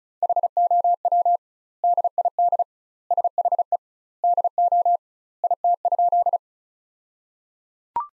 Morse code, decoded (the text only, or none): HOW DID SHE DO IT?